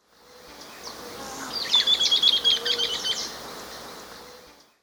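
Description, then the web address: Sooty-crowned flycatcher calling: a rapid, high-pitched chattering series of sharp notes lasting about a second and a half, over steady background hiss. Recorded in Ecuador. "Birds of Ecuador. Sooty-crowned Flycatcher"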